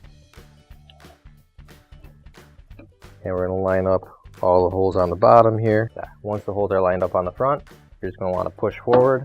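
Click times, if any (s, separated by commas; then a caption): none. A metal heating assembly is being lined up with the holes on the bottom and front of a Maytag dryer base before being pushed forward to lock into place. Small handling noises are heard at 0.3, 0.9, 1.0, 1.3, 2.1 and 2.8 seconds, then someone talks over faint background music. Nothing has seated or clicked yet.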